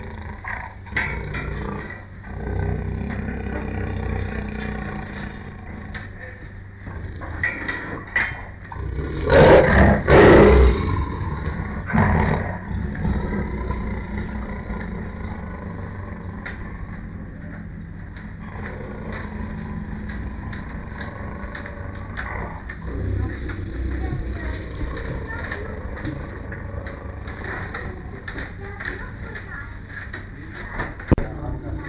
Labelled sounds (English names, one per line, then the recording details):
Tiger
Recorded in captivity
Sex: male
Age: adult
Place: Tierpark Berlin, Berlin, DE
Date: 1959-07-28
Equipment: Smaragd
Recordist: TSA